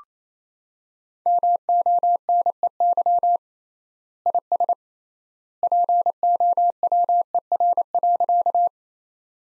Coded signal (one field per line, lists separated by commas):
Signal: Morse code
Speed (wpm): 28 wpm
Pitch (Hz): 700 Hz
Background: none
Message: MONEY IS POWER.